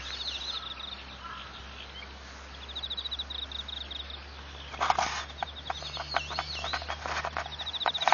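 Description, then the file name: Cricket chirping in short bursts of rapid high pulses, with clattering knocks and other sharp calls later, over a steady low hum. 29 October 2013. "SOB KOUROGI 20131029"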